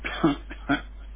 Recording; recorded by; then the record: voluntary cough; telephone call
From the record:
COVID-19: positive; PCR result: checked with the laboratory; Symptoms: no